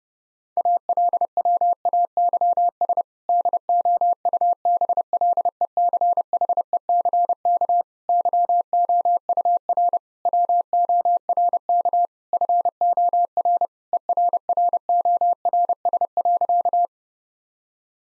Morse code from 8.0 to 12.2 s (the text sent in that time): YOUR WORK